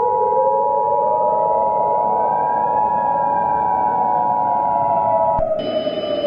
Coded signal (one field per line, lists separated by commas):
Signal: Emergency Alert System (SAME) tones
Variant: 853 and 960 Hz attention tone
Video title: RobotBoy: Full EAS Scenario